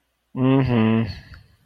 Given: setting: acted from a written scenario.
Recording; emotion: vocal sound without words; disappointment